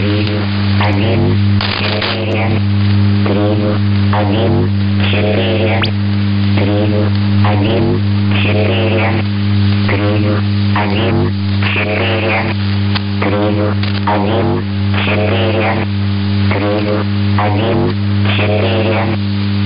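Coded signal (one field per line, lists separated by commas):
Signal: numbers station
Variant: S06s, Russian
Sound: a voice reading short evenly spaced words over a loud low hum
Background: strong hum, radio static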